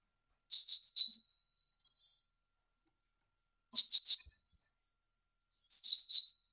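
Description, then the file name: Great tit singing three brief clusters of high, quick notes, spaced a few seconds apart, with silence between. Indonesian masteran recording of great tit song for training songbirds, uploaded November 2014. "suara masteran great tit"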